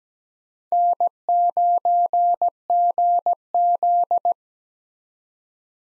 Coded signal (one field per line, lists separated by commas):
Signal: Morse code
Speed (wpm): 17 wpm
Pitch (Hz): 700 Hz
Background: none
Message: N9GZ